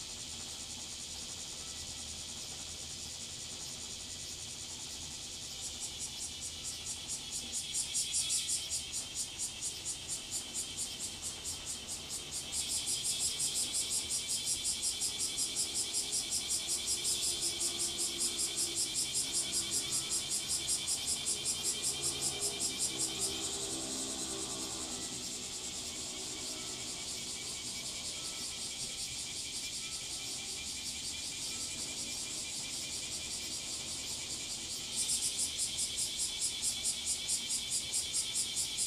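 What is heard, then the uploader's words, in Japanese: Cicadas drone over a garden, their dense, bright, rapidly pulsing buzz swelling in around six seconds and growing loudest from about 12 to 24 seconds before easing, then surging again near 35 seconds. A low steady hum and faint mid-pitched sounds sit beneath. 洗濯機が止まるまで庭を録ってみた。中盤あたりから騒がしくなります(セミのせい)。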